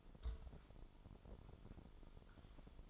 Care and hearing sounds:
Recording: daily activity, microphone in the room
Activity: take from stove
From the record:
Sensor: 5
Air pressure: 988.4 hPa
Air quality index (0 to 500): 206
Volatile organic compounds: 87 ppm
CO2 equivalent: 3666 ppm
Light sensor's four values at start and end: 48/141/55/60 and 48/141/56/60

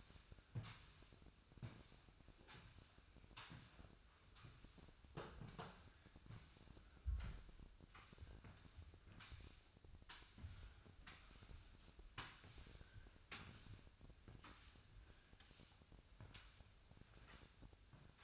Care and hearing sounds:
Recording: daily activity, microphone in the room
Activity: sweep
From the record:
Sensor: 2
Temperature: 24.9 degrees Celsius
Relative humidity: 39.7%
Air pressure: 1001.5 hPa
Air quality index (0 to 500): 227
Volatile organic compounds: 26 ppm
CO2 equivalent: 2852 ppm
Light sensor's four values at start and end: 8/26/10/9 and 8/27/10/10

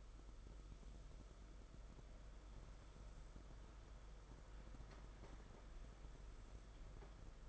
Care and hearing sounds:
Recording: daily activity, microphone in the room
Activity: sweep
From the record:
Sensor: 5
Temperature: 22.1 degrees Celsius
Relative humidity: 50.0%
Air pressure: 991.5 hPa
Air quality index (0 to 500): 120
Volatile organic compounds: 44 ppm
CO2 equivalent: 3207 ppm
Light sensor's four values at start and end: 42/133/50/54 and 42/133/50/54

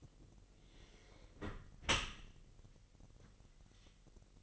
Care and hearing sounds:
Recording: daily activity, microphone in the room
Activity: close dishwasher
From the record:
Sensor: 4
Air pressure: 1001.3 hPa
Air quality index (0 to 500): 249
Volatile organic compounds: 46 ppm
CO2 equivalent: 3239 ppm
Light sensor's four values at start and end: 8/18/7/7 and 8/17/7/6

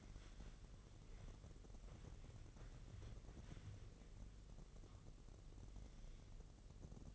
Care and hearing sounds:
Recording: daily activity, microphone in the room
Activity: wipe stove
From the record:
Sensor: 4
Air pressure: 1013.2 hPa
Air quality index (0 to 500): 178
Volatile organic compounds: 2 ppm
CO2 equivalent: 1123 ppm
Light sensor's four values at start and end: 94/237/97/103 and 94/237/98/104

